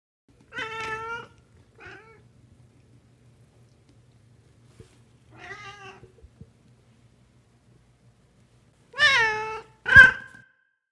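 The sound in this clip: Cat meowing: a drawn-out harmonic meow, a short faint one, another midway, then two loud meows close together near the end, with a faint low hum beneath through the first half.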